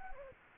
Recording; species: mosquito wingbeat signal from an infrared sensor; Anopheles gambiae